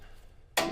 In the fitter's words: and they snap into place